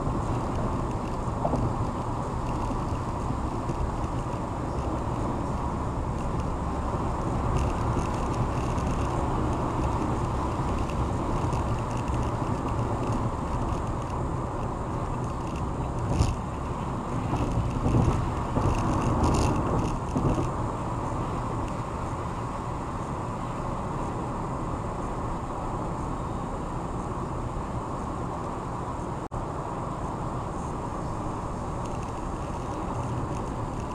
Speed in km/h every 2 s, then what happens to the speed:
114, 111, 111, 111, 111, 113, 113, 114, 116, 118, 118, 118, 118, 119, 122, 124, 126.
0-9 steady at about 111. 9-34 speeds up to 126.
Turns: none.